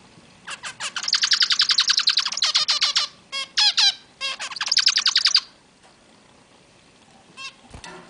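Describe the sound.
Zebra finch song, a fast run of buzzy, nasal repeated notes lasting a few seconds, broken by short gaps, ending in a few isolated chirps.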